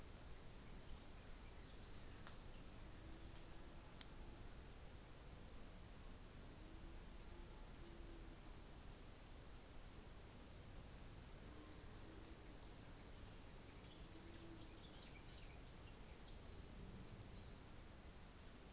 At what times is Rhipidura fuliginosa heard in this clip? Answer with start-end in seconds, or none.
0.70-7.22, 11.18-11.97, 13.02-17.65